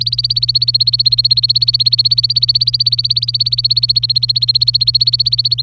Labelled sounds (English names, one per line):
Domestic Canary song